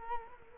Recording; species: mosquito wingbeat signal from an infrared sensor; Culex quinquefasciatus